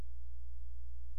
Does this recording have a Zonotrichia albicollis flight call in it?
no